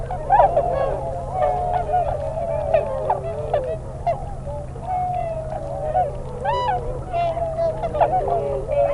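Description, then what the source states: Tundra swan calls from many birds: continuous overlapping soft honks and whoops, a steady clamorous chorus without pause. Nominate subspecies Cygnus columbianus columbianus.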